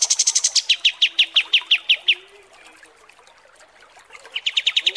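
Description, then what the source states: Striated Grassbird: kapas tembak song: fast high notes slide into slightly slower, evenly repeated chips, then a pause before another quick series starts. Masteran tutoring recording of kapas tembak song.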